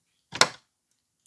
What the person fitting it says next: And you can hear that snapping sound when you when you push that in there.